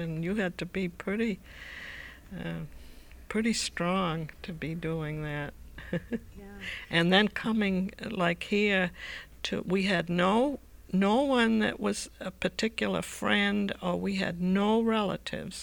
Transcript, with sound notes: You had to be pretty strong to be doing that. (She laughs.) And then coming to like here, we had no one who was a particular friend and we had no relatives.